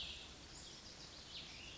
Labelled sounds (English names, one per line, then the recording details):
Cassin's Vireo
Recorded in Sonoma County, California